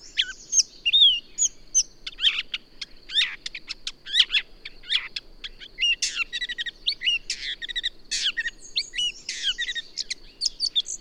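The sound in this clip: Bird song: a dense, varied stream of high chirps, trills and whistled sweeps, with a steady high hiss running throughout.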